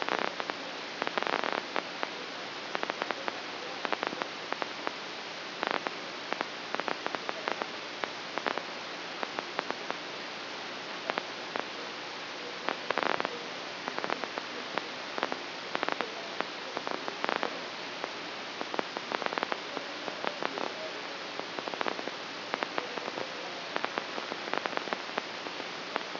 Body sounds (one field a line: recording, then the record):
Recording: brain microelectrode recording played as sound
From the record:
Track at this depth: inside the subthalamic nucleus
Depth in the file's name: 1.529 mm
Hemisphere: right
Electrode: 2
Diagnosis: Parkinson's disease